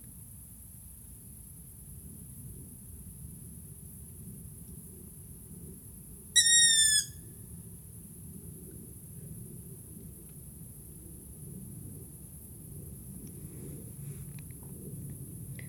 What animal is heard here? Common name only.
Long-eared Owl